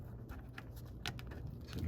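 A flow sensor on a Bottoms Up draft beer dispenser is fitted with its numbered side in the groove on the brass block and pressed until it sits firmly. Soft taps and handling noise lead to one sharp click at 1.1 seconds, followed by a few lighter ticks. The sensor ends up nicely seated.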